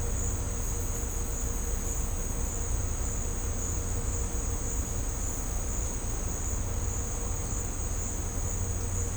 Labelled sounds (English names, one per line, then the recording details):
none
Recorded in secondary vegetation near Puerto Asís, Putumayo, Colombia, on 18 December 2024 at 12:30
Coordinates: 0.502, -76.326
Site G028